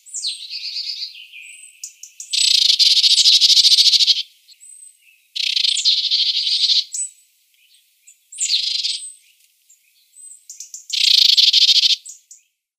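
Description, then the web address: Marsh tit calls: harsh, buzzy, high notes in several bursts, with thin sharp notes between them. "Schulze Peter Marsh Tit"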